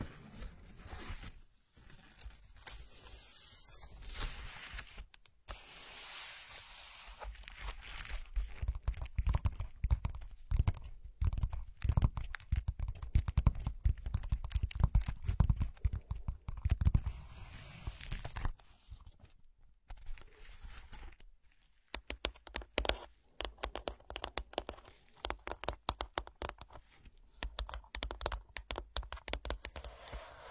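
Wordless scratching: dense, crackling rubs come in steady runs with a rough, papery texture. Brief pauses fall near the start and around the middle, then quicker, sharper scratches return for the final stretch.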